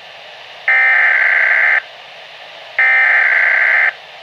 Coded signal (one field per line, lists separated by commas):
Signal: Emergency Alert System (SAME) tones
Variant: header bursts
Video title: Weatheradio Canada - Severe Thunderstorm Watch (EAS #18)